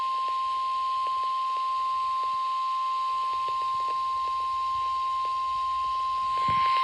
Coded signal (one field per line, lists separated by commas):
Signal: Emergency Alert System (SAME) tones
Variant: 1050 Hz attention tone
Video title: 2024 Virginia Statewide Tornado Drill | 3/7/2024 (EAS #1,012)